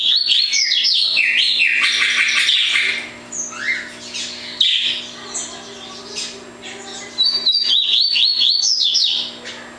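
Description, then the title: Double-collared seedeater singing long runs of fast, high, slurred chirps, softer notes in the middle, then another energetic burst; faint steady hum underneath. "Canto Coleiro"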